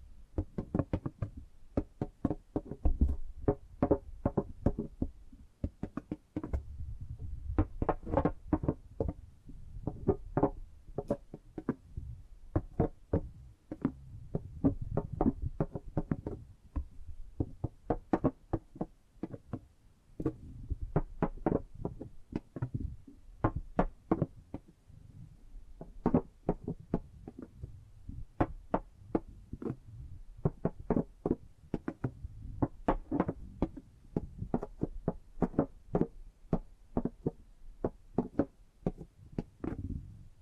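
Tapping and gripping sounds: quick knocks come in irregular bursts throughout, sometimes clustered in rapid runs, sometimes spaced out. Each tap is short and sharp with a dull low body, and softer rubbing and handling noises fill the gaps between them.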